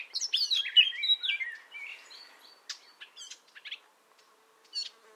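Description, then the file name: Common nightingale song opening with a fast tumble of whistled and warbling notes, fading into a few spaced, sharp clicking chirps. "Luscinia megarhynchos"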